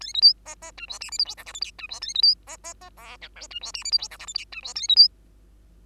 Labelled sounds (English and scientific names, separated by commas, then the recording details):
Bengalese Finch (Lonchura striata domestica) song
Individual Bird2